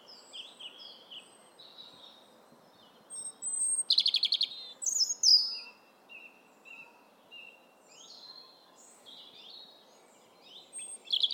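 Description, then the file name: European robin song of scattered thin high notes, a bright fast trill in the middle, then quieter sweet warbled phrases and a final loud burst. "Erithacus rubecula"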